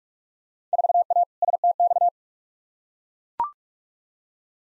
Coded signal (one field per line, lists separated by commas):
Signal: Morse code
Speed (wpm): 43 wpm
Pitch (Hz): 700 Hz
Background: none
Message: 4A STX